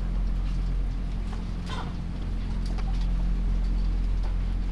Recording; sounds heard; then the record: poultry house recording; sick chickens (respiratory disease)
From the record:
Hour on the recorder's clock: 2